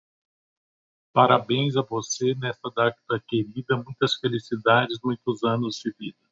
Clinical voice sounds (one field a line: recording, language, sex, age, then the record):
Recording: short text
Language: Brazilian Portuguese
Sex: male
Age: 50 to 59 years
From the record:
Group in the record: control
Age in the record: 54 years